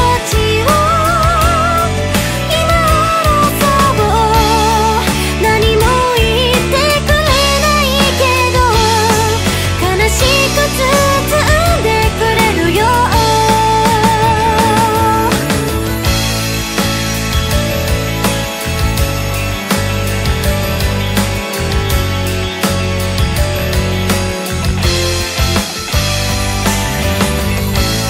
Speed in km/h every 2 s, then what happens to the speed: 56, 56, 56, 56, 57, 56, 58, 59, 59, 59, 60, 58, 57, 56.
0-28 steady at about 57.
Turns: none.